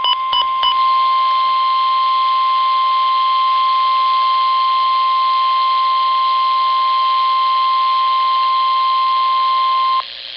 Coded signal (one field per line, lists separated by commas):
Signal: Emergency Alert System (SAME) tones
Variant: 1050 Hz attention tone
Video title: Required Weekly Test [EAS 26] | NOAA Weather Radio (6/15/2011)